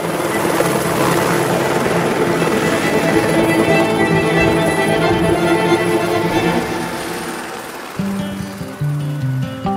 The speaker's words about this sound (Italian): Gli elicotteri si affiancarono, girarono nello stesso momento come se volessero far vedere quanto erano bravi, poi scomparvero all'orizzonte.